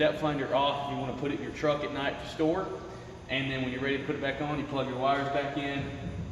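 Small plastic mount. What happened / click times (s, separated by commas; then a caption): The unit is handled but not yet clicked into its mount / none. A depth finder display unit is handled near its quick-release mounting bracket on a kayak while someone talks throughout. The wires are plugged back in, but the unit has not been pushed onto the bracket yet, so nothing has seated or clicked yet.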